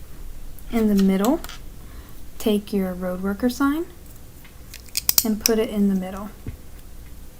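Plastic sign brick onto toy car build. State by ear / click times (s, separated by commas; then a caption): seated / 5.0 s, 5.1 s. Someone talks while a plastic LEGO road worker sign brick is pressed onto the middle of a toy car build. Sharp plastic clicks at 5.0 and 5.1 seconds mark the sign snapping firmly into place.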